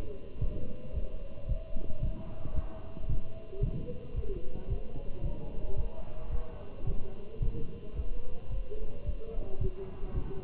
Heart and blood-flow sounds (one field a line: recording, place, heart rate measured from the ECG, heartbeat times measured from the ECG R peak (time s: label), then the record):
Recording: heart sounds by stethoscope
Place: between the tricuspid and mitral areas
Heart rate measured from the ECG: 111 bpm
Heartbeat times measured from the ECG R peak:
0.41 s: heartbeat
0.95 s: heartbeat
1.49 s: heartbeat
2.03 s: heartbeat
2.56 s: heartbeat
3.09 s: heartbeat
3.63 s: heartbeat
4.16 s: heartbeat
4.70 s: heartbeat
5.23 s: heartbeat
5.77 s: heartbeat
6.32 s: heartbeat
6.87 s: heartbeat
7.42 s: heartbeat
7.96 s: heartbeat
8.51 s: heartbeat
9.06 s: heartbeat
9.61 s: heartbeat
10.16 s: heartbeat
From the record:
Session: walking at 3.7 km/h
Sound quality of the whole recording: good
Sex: male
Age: 27 years